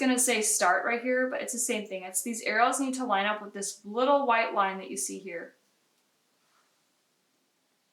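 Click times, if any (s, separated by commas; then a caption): none. Someone talks for about 5.5 seconds while the film in a Contax 645 medium format film insert is lined up so the start arrows meet the white line, ready for the insert to be pinched and pushed into the camera. The clip then falls silent, and nothing has been seated or clicked yet.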